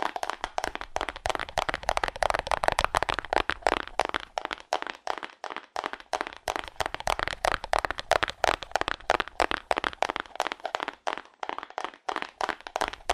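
Fast, aggressive tapping on cardboard: sharp, dry hits in a rapid, dense stream, slightly irregular, lasting the whole thirteen seconds without pause.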